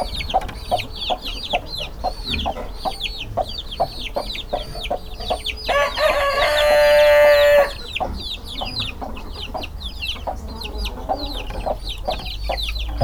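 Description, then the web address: Chicken (Hungarian hen): chicken sounds: chicks peep continuously in quick, falling notes, a long rooster crow breaks in midway, and the busy peeping resumes afterward. Hungarian hen breed in a farmyard; hen clucking and rooster crowing, with chicks present. "allathangok parasztudvar csibe magyartyuk kotkodakukorekolasroffentesek"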